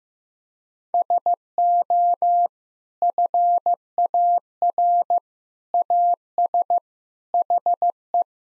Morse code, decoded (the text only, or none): SO FAR AS HE